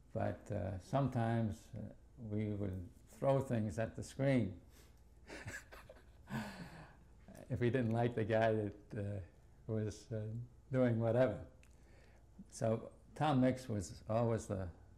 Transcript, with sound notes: But, uh, sometimes we would throw things at the screen ( he laughs ) if we didn't like the guy that, uh, who was doing whatever. So Tom Mix was always the